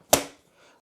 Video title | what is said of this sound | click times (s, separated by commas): UBEESIZE SOFTBOX LIGHTING KIT REVIEW YOUTUBE STUDIO PROFESSIONAL SOFTBOX LIGHTING KIT ASSEMBLY DEMO | there you go you heard that little snap that's what it is | 0.1 s